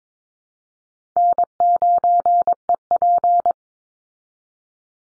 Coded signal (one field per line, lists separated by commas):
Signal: Morse code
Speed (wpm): 22 wpm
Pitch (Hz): 700 Hz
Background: none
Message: N9EP